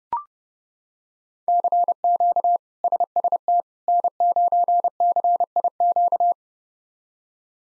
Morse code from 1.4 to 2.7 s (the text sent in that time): CQ